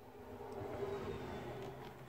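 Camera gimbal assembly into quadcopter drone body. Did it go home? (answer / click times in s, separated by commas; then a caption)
no / none. A camera gimbal assembly on a DJI Phantom 3 Pro quadcopter is pushed up with fingers through the bottom toward the plastic drone body during a ribbon cable replacement. Only a steady low background hum with a faint tone is heard, with no distinct transients. Nothing has seated or clicked yet.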